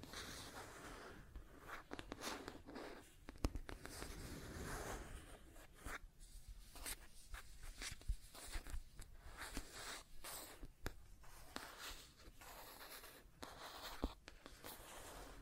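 Irregular scratching and tracing strokes, dense bursts of rough scraping with sharp clicks scattered throughout, louder around four and after ten seconds.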